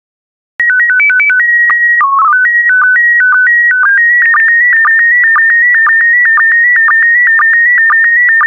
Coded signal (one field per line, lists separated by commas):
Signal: SSTV (slow-scan television)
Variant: PD 120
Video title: 3051 World War II Planes SSTV PD120